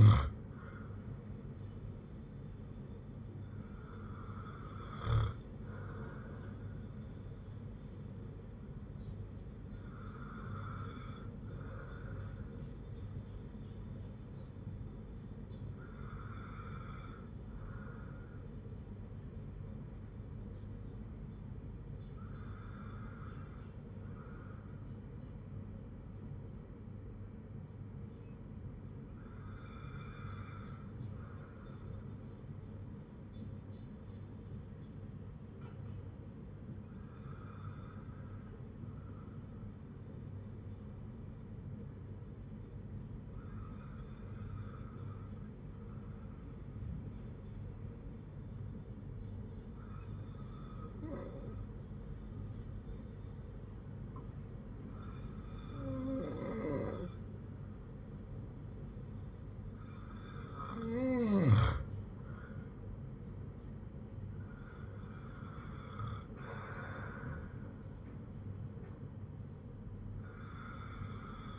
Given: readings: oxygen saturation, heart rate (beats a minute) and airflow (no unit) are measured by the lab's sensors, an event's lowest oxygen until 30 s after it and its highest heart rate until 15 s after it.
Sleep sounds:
breathing in sleep by a smartphone at the bedside; 1
30.00-62.20 s: hypopnea (N2, oxygen 97% highest, then 94% lowest, heart rate 54 at the start, 60 highest)
From the record:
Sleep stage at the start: N2 (light sleep); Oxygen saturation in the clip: 94 to 97%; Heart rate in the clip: 52 to 62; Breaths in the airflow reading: 12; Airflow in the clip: -9.3 to 7.2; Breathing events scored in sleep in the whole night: 182 in 7.4 hours asleep

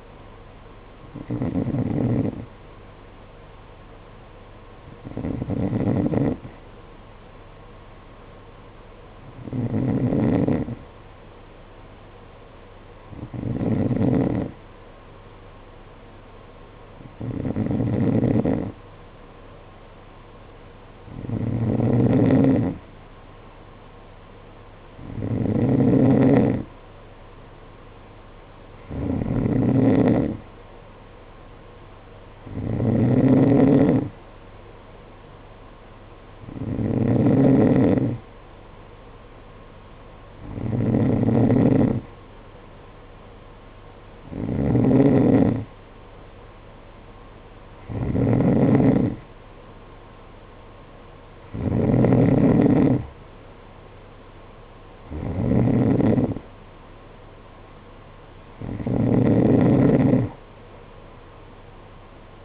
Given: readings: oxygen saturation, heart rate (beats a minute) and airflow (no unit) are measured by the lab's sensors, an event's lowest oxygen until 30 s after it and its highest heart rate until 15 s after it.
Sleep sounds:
breathing in sleep by a voice recorder at the bedside; none
none scored
From the record:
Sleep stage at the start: N2 (light sleep); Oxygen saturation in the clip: 91 to 93%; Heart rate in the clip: 52 to 57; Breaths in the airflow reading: 16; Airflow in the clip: -8.8 to 6.3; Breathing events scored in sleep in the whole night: 476 in 9.7 hours asleep

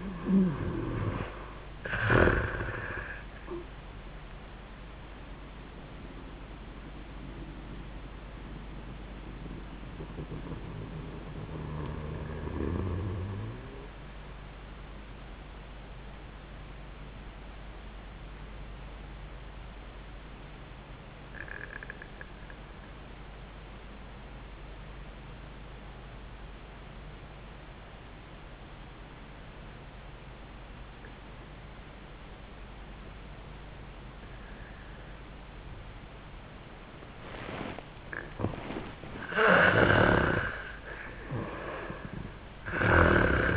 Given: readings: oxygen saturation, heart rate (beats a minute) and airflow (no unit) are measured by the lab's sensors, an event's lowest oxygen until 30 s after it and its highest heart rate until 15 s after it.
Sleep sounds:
breathing in sleep by a voice recorder at the bedside; 1
7.00-43.57 s: new sleep stage, N1 (lightest sleep)
20.00-38.90 s: obstructive apnea (N1, oxygen 96% highest, then 75% lowest, heart rate 74 at the start, 88 highest)
From the record:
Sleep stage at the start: REM sleep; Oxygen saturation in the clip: 65 to 96%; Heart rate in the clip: 64 to 86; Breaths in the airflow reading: 3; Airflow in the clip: -25.1 to 14.8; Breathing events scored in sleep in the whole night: 400 in 8.7 hours asleep

